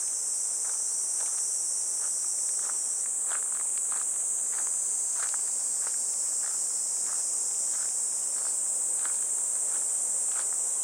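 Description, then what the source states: Cicadas buzz continuously in a bright, even, high drone, while light regular footsteps on a path sound beneath it. Recorded walking a riverbank embankment path on a fresh, clear morning, heading toward a weir.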